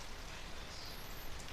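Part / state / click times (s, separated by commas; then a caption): plastic limb part into the body of a transforming robot toy / not seated / none. A plastic limb part is lowered and fitted toward its slot at the bottom of the body of a Transformers KO Oversize Dropkick Aoyi Mech Hurricane Plane transforming robot toy. Only a steady, broadband hiss with faint low rumble is heard while the part is handled. Nothing has seated or clicked yet.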